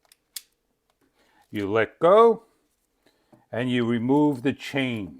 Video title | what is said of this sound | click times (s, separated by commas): NaTiddy Mini Chainsaw 6-Inch with 2 Battery & a replacable Chains,Upgraded | going to hear this area right here by my thumb snap into place | 0.4 s